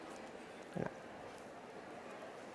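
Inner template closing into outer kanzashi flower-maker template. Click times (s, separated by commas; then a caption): 0.9 s. Fabric sits in a plastic kanzashi flower-maker template with the inner template aligned to its marks, and the inner template is pressed closed into the outer template. Over a steady background hiss, a brief rustling burst gives way to a sharp, short click at 0.9 s, and the template is closed and seated properly.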